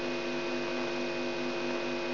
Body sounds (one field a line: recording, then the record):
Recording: brain microelectrode recording played as sound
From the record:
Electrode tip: outside the subthalamic nucleus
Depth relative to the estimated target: -4 mm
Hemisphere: left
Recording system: AlphaMap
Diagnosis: Parkinson's disease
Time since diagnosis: 17 years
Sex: female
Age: 63 years